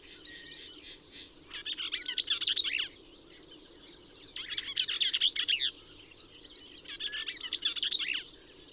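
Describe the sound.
Bell's vireo song: three jumbled, buzzy chattering phrases, each over a second long, separated by pauses of over a second, over a faint steady hiss.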